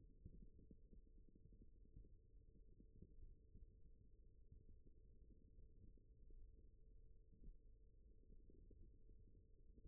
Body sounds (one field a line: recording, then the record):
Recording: forearm muscle sounds (acoustic myography)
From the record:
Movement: rest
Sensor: system 1, eight BSWA MPA416 microphones around the upper forearm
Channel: 7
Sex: male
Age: 41 years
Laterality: right